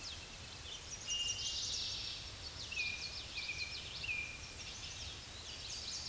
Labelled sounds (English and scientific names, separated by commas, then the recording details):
Common Yellowthroat (Geothlypis trichas) song
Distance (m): 70 m
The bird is about 15 m above the microphone
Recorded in a Pennsylvania forest on 16 May 2024 at 06:39
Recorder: AudioMoth, point MSD-2163
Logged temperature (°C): 16.1 °C
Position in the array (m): 238 m, 173 m